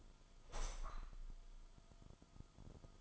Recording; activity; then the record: daily activity, microphone in the room; open window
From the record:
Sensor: 5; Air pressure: 1004.7 hPa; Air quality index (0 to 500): 82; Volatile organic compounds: 2 ppm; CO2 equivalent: 977 ppm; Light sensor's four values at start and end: 34/79/32/31 and 34/79/32/31